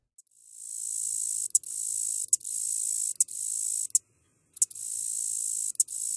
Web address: The Songs of Insects. Red-headed Meadow Katydid